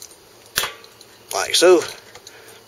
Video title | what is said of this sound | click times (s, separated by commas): PB blasting a riding mower, lawn mower tune up Part 1 | reinstall your plug wire till you hear it pop like | 0.6 s